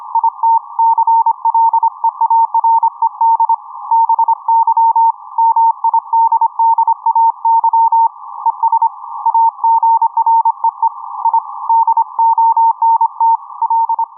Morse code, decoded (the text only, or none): IT CLEARED BY MIDDAY ES AGREE I DONT L